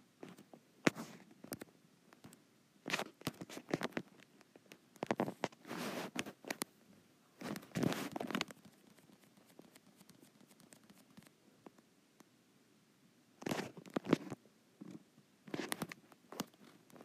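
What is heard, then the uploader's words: Fingers tap and swipe on a touch screen in irregular bursts of soft, papery patter, with quiet gaps between clusters, busiest around six to eight seconds. ASMR Touch Screen.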